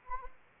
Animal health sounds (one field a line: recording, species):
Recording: mosquito wingbeat signal from an infrared sensor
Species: Anopheles arabiensis